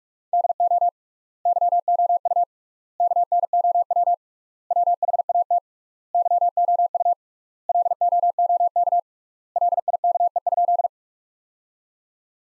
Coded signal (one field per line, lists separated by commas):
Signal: Morse code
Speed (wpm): 46 wpm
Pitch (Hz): 700 Hz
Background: none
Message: DO YOU KNOW WHAT YOU LOOK LIKE?